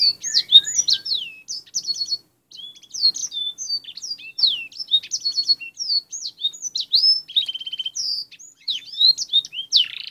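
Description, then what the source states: Canary delivering continuous warbling song of sweeping whistles, rapid rattling trills and sharp chirps, with one brief gap near two and a half seconds. Canary song for fill-in training with black-throated canary song; Indonesian 'kenari isian' style.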